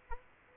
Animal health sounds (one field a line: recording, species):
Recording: mosquito wingbeat signal from an infrared sensor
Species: Aedes aegypti